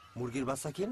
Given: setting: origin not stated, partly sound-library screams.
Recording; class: one-second piece from a danger detection set; normal situation